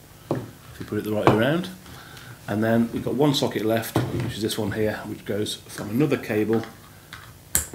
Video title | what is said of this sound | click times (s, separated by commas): Wiring IP CCTV equipment,POE, Home Plug Wireless,IP Config & CCTV Security Camera Setup | the box so that will click into there if you | 0.3 s